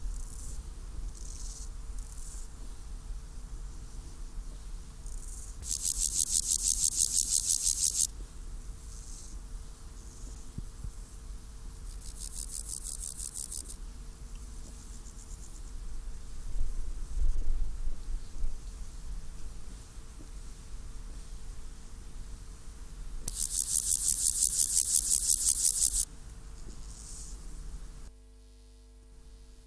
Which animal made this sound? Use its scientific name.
Chorthippus parallelus